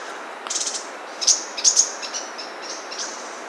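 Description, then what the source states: Chestnut-crested yuhina calls, a quick series of high thin chirps and twitters in short bursts over about two and a half seconds, with faint hiss behind. Recorded 8 July 2008.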